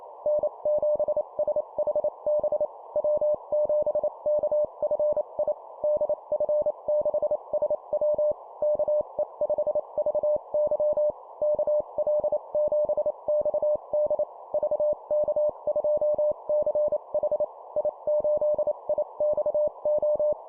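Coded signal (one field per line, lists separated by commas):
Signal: Morse code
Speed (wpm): 28 wpm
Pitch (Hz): 600 Hz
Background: none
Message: N7SHB W7KFI DF6SW KE5VY KL7XD VK2CH I8IXO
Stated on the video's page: Morse call-sign copy practice at 25 wpm for improving CW copy speed.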